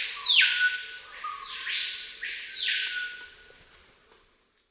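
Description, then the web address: Screaming piha call: loud, ringing whistled notes sweeping up and down, several in quick succession, over a constant high hiss. South America, Eastern Lowlands. "Natures Songs S America Eastern Lowlands 442 Screaming Piha"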